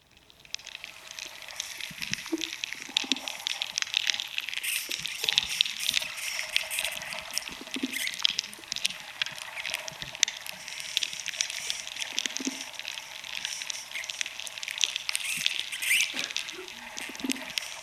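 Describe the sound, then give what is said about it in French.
Beetle colonies infesting trees, heard through a contact recording: a dense, continuous crackle of tiny clicks and scratches with a hissy, bright texture, steady throughout and with no voices. “Il enregistre en effet, à des fins artistiques autant que scientifiques, l'infestation de certains arbres par des colonies de coléoptères.”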